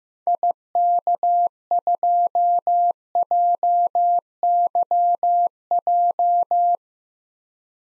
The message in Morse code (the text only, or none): IK2JYJ